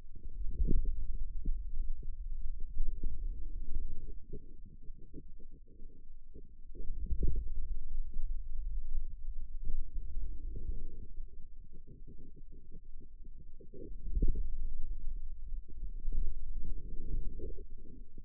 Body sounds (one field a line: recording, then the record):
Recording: forearm muscle sounds (acoustic myography)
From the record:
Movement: outward rotation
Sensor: system 2, bracelet of six BSWA MPA416 microphones around the upper forearm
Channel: 3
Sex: male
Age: 22 years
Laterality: right